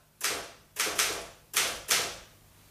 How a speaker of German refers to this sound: ist das hier Mr. Landgrens Schreibmaschine? Ja, eine Remington. Was machen Sie denn da?